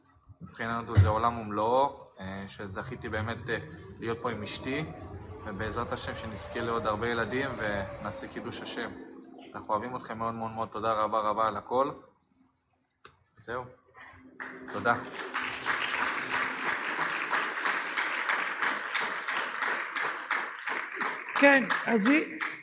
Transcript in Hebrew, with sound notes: מבחינ אותו זה עולם הומ לא שזכיתי באמת להיות פה עם אשתי ובעזרת השם שנזכה לעוד הרבה ילדים ונעשה קידוש השם אנחנו אוהבים אותכם מאוד מאוד מאוד תודה רבה רבה על הכל זהו [מחיאות כפיים] תודה כן אז היא